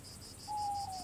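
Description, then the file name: Toad call: a single clear, steady whistled tone that starts midway and falls slightly in pitch, over faint background noise. At a pond called L'Étang aux Crapauds, 16 April 2020 at 11:41. "L ETANG AUX CRAPAUDS"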